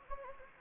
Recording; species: mosquito wingbeat signal from an infrared sensor; Anopheles gambiae